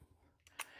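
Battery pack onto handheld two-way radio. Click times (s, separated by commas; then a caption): 0.6 s. A replacement official Baofeng battery pack is slid onto the back of a Baofeng UV-5R 8-watt handheld two-way radio until it latches. A softer sliding tick comes at 0.5 s, then a sharp, small plastic click at 0.6 s as the pack locks into place. The battery pack is seated.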